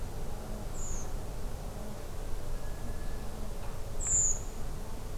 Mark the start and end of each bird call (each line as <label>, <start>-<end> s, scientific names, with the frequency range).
Turdus iliacus (5.7-8.3 kHz), 0.73-1.06 s
Turdus iliacus (6.0-9.3 kHz), 3.99-4.38 s